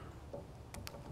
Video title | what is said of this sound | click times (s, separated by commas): Car Wiring.The Best & Most Efficient Method of Connecting Wires! Easy + No More Soldering. Eastwood | it just snaps into place close | 0.9 s